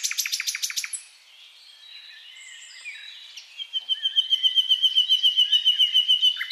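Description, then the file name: Common nightingale song opens with loud rapid pulses, then after a short lull a long steady trill of repeated whistled notes. "Luscinia megarhynchos"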